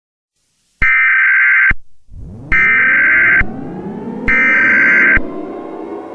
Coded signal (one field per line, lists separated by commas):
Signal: Emergency Alert System (SAME) tones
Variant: header bursts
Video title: EAS Mini Scenario Space Godzilla